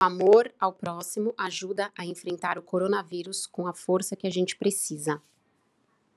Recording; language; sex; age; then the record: spoken sentence; Brazilian Portuguese; female; 40 to 49 years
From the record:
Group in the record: control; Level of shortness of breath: 0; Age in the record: 48 years